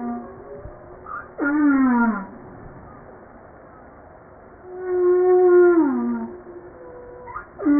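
Humpback whale vocalizations, drawn-out harmonic tones gliding downward, two long units and the start of a third.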